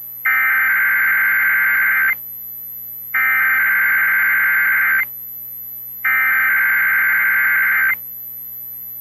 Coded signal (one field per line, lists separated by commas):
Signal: Emergency Alert System (SAME) tones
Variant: header bursts